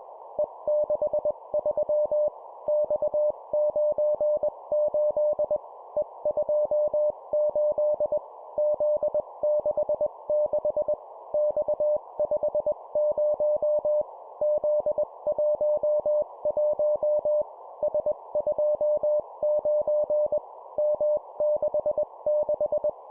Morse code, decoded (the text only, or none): E63 X98 E28 Z66 X50 Z11 S29 M66